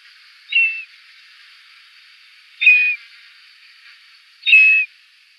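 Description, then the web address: Short-toed snake eagle: three brief, level whistles repeated roughly every two seconds over a faint steady hiss. "Schulze Peter Short-toed Eagle"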